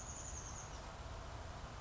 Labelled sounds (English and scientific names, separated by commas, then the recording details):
Chestnut-backed Chickadee (Poecile rufescens)
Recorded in Sonoma County, California